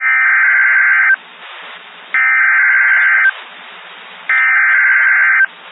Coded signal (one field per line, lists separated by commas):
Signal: Emergency Alert System (SAME) tones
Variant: header bursts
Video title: Severe T-Storm Warning (EAS 273)